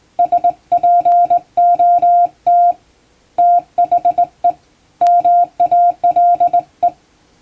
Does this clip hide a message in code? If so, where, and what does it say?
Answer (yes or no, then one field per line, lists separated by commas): yes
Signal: Morse code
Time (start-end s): 0.2-6.9 s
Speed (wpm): 20 wpm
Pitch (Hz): 700 Hz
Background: none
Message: SPOT THE MALE